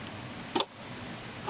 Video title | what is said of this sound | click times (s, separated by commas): Bernina B435 Threading & Bobbin Loading | okay you should hear a clicking noise | 0.6 s